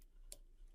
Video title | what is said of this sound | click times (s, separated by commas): Gaggia Classic Evo Pro Upgrade Kit Installation Guide by Sungaze Coffee | heard that click | 0.3 s